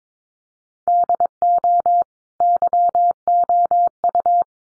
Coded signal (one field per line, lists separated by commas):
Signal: Morse code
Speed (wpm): 22 wpm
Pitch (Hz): 700 Hz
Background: none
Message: DO YOU